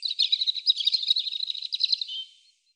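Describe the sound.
European robin song, one continuous high phrase of quick twittering and trilled notes lasting about two and a half seconds, ending in a short fading trill.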